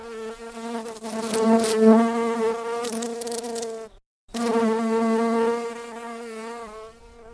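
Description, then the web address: Bumblebee buzzing, a steady droning hum with rich harmonics that swells and fades, broken by a brief silent gap near the middle before resuming. "Lynne Music 2 Bumble-Bee-Buzzing"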